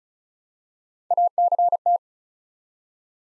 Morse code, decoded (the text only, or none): ACT